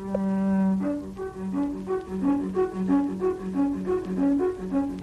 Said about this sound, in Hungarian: Jó lova, Rosinante, a kürt megszólalt immár.